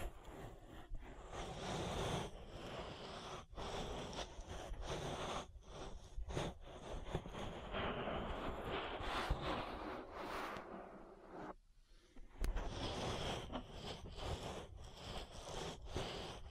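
An ear massage with dense, rubbing and brushing sounds that fill the whole clip, swelling and easing in strokes every second or so. Short pauses break the texture, with a near-silent dip around twelve seconds before the rustling resumes.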